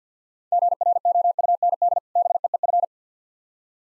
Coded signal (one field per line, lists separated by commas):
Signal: Morse code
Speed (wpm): 46 wpm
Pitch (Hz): 700 Hz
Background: none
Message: GROUND BEEF